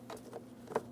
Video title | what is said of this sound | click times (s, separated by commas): How to Replace Front Window Regulators 2003-2008 Toyota Matrix | We're lining this up, press it in. After an audible click, we'll just make sure that's secured in place. | 0.8 s